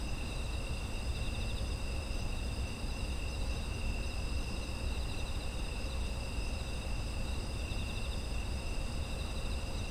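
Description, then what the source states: Autumn insects trill without pause, several high bands of sound layered together, some faintly pulsing, with a steady low hum underneath. Autumn insect ambience.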